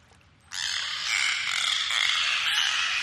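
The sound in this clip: Dolphin sound: after a brief quiet start, a dense buzzing pulsed burst begins and holds steady to the end, with faint whistle traces through it.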